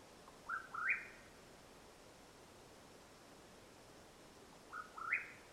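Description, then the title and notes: Mexican whip-poor-will giving two stepped, rising whistled phrases separated by roughly four seconds of quiet hiss. Call at nightfall in Madera Canyon, Arizona, 21 April 2022. "The call of the Mexican Whip-poor-will at nightfall in Madera Canyon, AZ. Recorded April, 21 2022."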